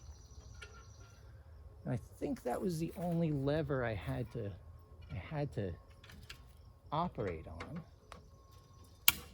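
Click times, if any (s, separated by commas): 9.1 s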